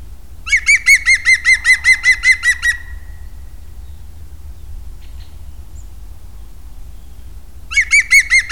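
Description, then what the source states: European green woodpecker laughing call: one brisk series of many ringing notes, a pause of several seconds, then another series beginning at the end. Contact call and shout.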